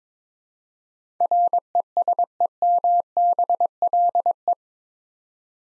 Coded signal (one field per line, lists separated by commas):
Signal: Morse code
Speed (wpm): 22 wpm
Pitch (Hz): 700 Hz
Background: none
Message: RESEMBLE